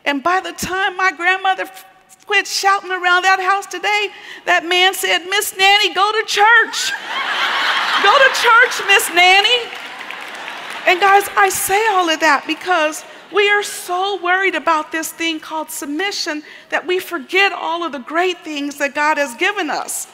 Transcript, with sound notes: And by the time my grandmother quit shouting around that house that day, that man said, “Miss Nanny, go to church! Go to church, Miss Nanny!” (laughter and applause) I say all that because we are so worried about this thing called submission that we forget all of the great things God has given us.